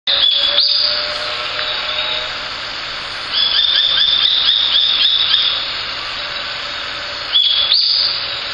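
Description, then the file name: Japanese sparrowhawk calls, rapid bursts of high, sharp repeated notes at the start, in the middle and near the end, over a steady loud hiss. "ツミ 1505311608 遠藤"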